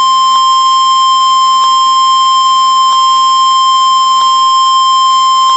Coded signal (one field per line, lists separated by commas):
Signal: Emergency Alert System (SAME) tones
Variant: 1050 Hz attention tone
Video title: FLASH FLOOD WARNING [EAS 7 I think]